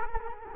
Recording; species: mosquito wingbeat signal from an infrared sensor; Culex quinquefasciatus